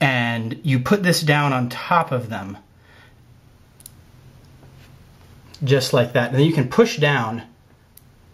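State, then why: Seated. Someone talks while a pentagon cluster of small spherical Zen Magnets neodymium magnets is set on a triangle of three magnets on the surface of a magnet sphere and pushed down. Two faint sharp ticks come at about 3.8 and 3.9 s during a quiet pause. A short, sharp click at 8.0 s marks the cluster seating and settling in place on top of the sphere.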